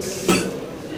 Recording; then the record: coughing mixed with background sound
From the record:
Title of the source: Residual Phlegmy Morning Coughing and Gagging